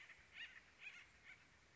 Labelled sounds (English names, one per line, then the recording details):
Acorn Woodpecker
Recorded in Sonoma County, California